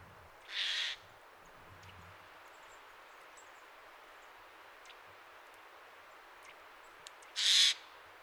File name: Garrulus glandarius